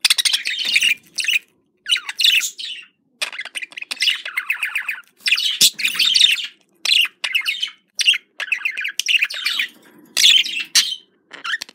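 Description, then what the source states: Budgerigar warble: long run of grating, chattering notes mixed with short squeaky chirps, in bursts separated by short gaps. Described as a budgerigar love sound.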